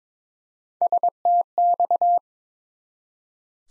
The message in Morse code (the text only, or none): STX